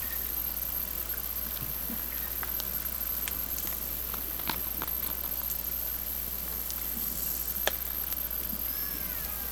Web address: Lime Kiln Transients 120410 orcasound 04 10 2012 06 28 46